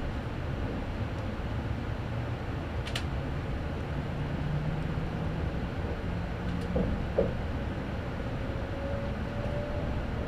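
Riding the Odoriko limited express on the Izu-Hakone Railway toward Shuzenji, a steady, dense low rumble of the train runs throughout. A faint whine rises and holds in the middle, and sharp clicks break through near three seconds and again around seven.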